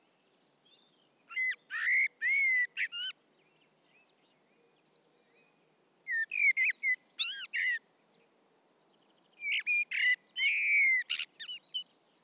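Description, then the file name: Common blackbird singing three separate phrases about four seconds apart, each a mellow fluted warble mixed with sharp, squeaky high twitters, quiet gaps between them. "Turdus merula"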